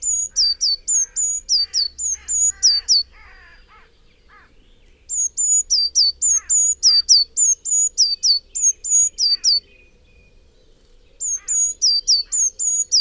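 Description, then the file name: Eurasian Blue Tit giving bursts of high, sharp notes, each with a quick downward tail, about four per second. Bursts last up to about five seconds with pauses between. Softer lower chirps sound underneath. "Cyanistes caeruleus"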